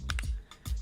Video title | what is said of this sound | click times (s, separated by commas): SUPCASE UB Pro Case for Samsung Galaxy S24 Plus, 2 Front Frames Military Grade Protection | and it clips into place so you can watch your videos like that or in vertical mode | 0.1 s